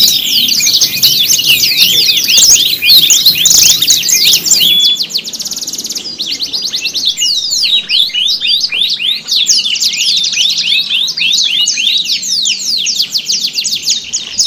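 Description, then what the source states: Canary song of rapid twittering trills and sliding chirps, busy and loud at first, then a steadier run of repeated upswept notes. Simulated canary singing contest with tutor songs (isian), part 3.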